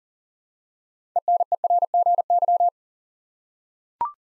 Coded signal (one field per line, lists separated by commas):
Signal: Morse code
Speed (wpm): 40 wpm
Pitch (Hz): 700 Hz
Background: none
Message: ENERGY